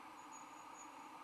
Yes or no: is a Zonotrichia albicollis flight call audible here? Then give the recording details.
no. No flight call is heard. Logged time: 01:50 on 21 December 2014